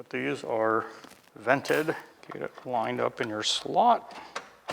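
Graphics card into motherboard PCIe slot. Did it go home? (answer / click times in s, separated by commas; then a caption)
no / none. Someone talks while lining up a large graphics card with the motherboard's PCIe slot, with a couple of brief handling knocks near the end at about 4.4 s and 4.7 s. The card is still being handled and nothing has seated or clicked yet.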